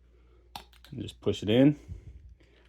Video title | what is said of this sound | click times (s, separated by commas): 2018-2022 f150 Smart Key (push button start) key fob Battery Replacement | will click back in. You want to click the bottom in first and | 0.6 s